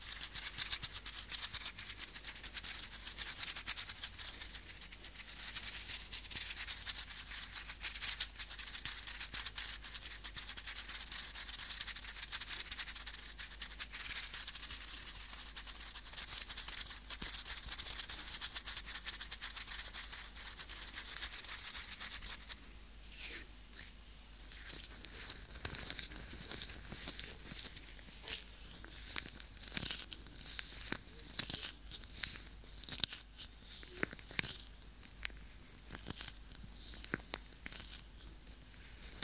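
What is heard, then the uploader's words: An ear massage recorded very close to the microphone: for the first twenty-odd seconds a dense, steady hiss of rubbing fills the upper range. After that it turns sparser and crisper, with separate scratchy taps and brushing strokes arriving irregularly. 3Dio Ear Massage (TINGLES).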